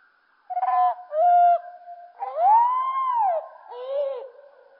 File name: Merle Et Merle Au Ralenti Merle noir ralenti 20250912083845 20250912083941